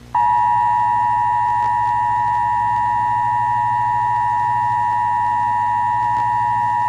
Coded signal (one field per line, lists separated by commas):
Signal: Emergency Alert System (SAME) tones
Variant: 853 and 960 Hz attention tone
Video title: EAS Scenario - Zombie Apocalypse